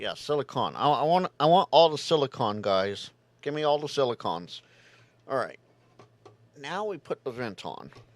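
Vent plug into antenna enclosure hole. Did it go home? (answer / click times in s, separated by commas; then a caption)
no / none. Someone talks while a small vent plug is handled for pressing into its hole in an antenna housing during a build. Faint handling sounds are heard between the speech, but the clip ends before the plug goes home, so nothing has seated or clicked yet.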